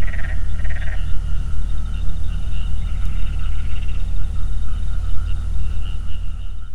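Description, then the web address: Frog calls: rapid pulsed trills, loudest in the first second, then fainter ones repeating over a constant deep rumbling background noise. "natural wave frog"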